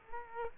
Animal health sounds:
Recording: mosquito wingbeat signal from an infrared sensor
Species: Culex quinquefasciatus

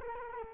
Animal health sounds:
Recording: mosquito wingbeat signal from an infrared sensor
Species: Culex quinquefasciatus

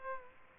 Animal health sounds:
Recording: mosquito wingbeat signal from an infrared sensor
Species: Culex pipiens

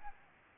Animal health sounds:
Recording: mosquito wingbeat signal from an infrared sensor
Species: Aedes albopictus

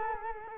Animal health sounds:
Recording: mosquito wingbeat signal from an infrared sensor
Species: Culex quinquefasciatus

